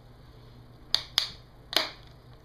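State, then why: Seated. The plastic clips of a MacBook keyboard top case snap into the laptop's bottom case as the assembly is pressed back on after a thermal grease replacement. Three sharp clicks sound at 0.9, 1.2 and 1.8 seconds over a faint steady hum. The top case is seated, clicked back in all together.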